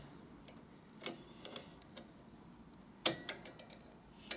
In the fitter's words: Yep. Hear it pop.